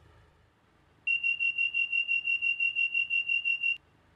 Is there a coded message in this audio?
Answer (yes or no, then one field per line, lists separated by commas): no